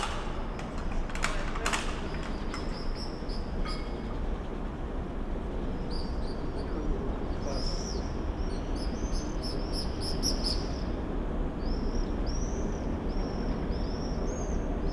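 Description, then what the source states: Common swifts giving thin, high screams in scattered bursts, denser in the second half, over steady low background rumble with a few sharp clicks early on. Summer evening in a backyard in Bytom, Poland; many swifts circling; recorded with Zoom F4 and AT BP4025.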